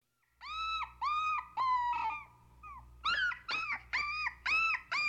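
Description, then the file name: Dog: puppy giving drawn-out whines, some falling in pitch, in a run of cries with a short, quieter pause midway. "welpe"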